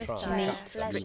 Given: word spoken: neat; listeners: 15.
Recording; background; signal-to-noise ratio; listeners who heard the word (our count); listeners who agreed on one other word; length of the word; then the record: one English word in noise, from a listening test; four-talker babble; -0.2 dB; 5 of 15; 9 of 15; 0.65 s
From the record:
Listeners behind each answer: 9, 5, 1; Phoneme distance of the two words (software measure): 10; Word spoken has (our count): 1 syllable, 3 phonemes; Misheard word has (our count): 1 syllable, 3 phonemes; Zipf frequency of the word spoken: 4.00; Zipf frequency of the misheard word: 5.41